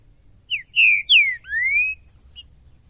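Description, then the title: Green-winged saltator song: a brief note then three strong whistles, two dropping and the last a long upward slur, over a faint steady hum. Two birds taken into the bush in 2022, calling, singing and giving male song; used to warm up birds and open their song for singing contests. "ESQUENTAR Seu TRINCA Piando, Cantando E Macheando Na DISPUTA. LEVEI 2 TRINCA FERRO NO MATO!! ABRIR O CANTO DO TRINCA FERRO!! 2022!"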